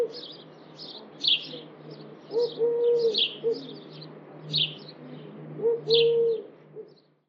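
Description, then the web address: Bird chirps, short high notes in quick clusters repeated throughout, with a steady low whistling tone sounding at intervals. "Deverinetal. Bird Only"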